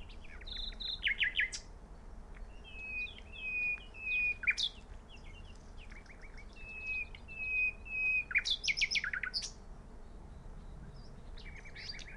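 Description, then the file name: Common nightingale song of varied phrases: drawn-out whistled notes, sharp upslurred chirps and short rapid bursts separated by gaps, with low background hum. "Luscinia megarhynchos"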